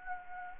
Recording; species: mosquito wingbeat signal from an infrared sensor; Anopheles gambiae